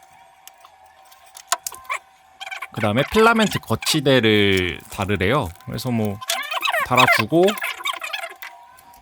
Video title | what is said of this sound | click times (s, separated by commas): [방구석 모델샵 #1] 뱀부랩 p2s 3D 프린터 설치와 리뷰 | 핀이랑 잘 맞는지 봐서 이렇게 딸깍 소리가 나게 달아주면 됩니다. | 1.5 s